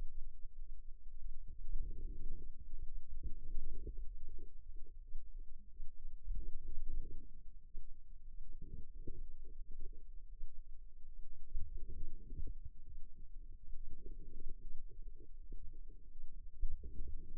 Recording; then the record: forearm muscle sounds (acoustic myography)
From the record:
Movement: outward rotation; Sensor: system 2, bracelet of six BSWA MPA416 microphones around the upper forearm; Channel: 5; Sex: female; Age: 22 years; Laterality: right